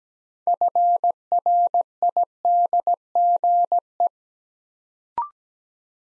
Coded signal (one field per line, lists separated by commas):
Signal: Morse code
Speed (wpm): 17 wpm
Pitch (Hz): 700 Hz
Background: none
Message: FRIDGE